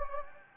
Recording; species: mosquito wingbeat signal from an infrared sensor; Anopheles gambiae